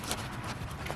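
A plastic retaining clip on the other side of a car electronics module bracket on a 2021 Hyundai Veloster N is being handled and pushed in. Soft rustling and handling noises are heard, with a brief sharper knock at 0.1 s. Nothing has seated or clicked yet.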